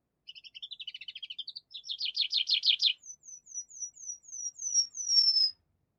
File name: Animal Tree Pipit